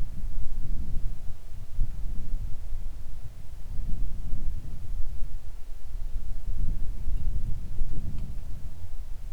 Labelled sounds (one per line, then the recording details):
wind
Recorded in the Arctic National Wildlife Refuge, Alaska, on 3 August 2019 at 10:16
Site 41